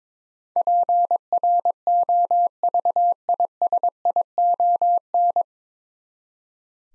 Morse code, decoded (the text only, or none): PROVISION